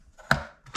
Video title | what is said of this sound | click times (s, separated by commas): 5 star RC BOAT REVIEW: Zyerch RC Boat - Remote Control Boat with LED Light for Pools and Lakes | there we go we heard it pop so that means it's snapped in place | 0.3 s